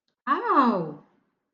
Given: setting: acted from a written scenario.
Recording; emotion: vocal sound without words; interest